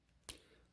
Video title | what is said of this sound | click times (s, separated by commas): Collectible Legends Hack/Slash Cassie Hack Needless Unboxing | Pop that right out. | 0.3 s